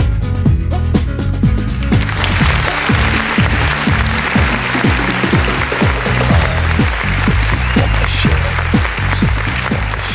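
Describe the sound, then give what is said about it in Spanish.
Audience applause breaks out after a couple of seconds and continues steadily, a dense crackle of clapping layered over loud, rhythmic music with a thumping bass line, opening the Saturday show Renegados. “Entre medio de aplausos, damos el puntapié inicial a este Renegados de cada sábado, acompañándote con la mejor música, 80, 90 y lo que quieras escuchar, aquí solo en Renegados.”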